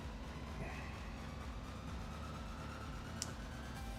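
A plastic model kit part that was not seated is pushed into its mating part over a steady low background hum. A single sharp click at 3.2 s marks the part snapping home and seating.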